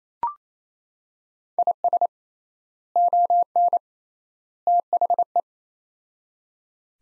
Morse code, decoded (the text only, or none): IS ON THE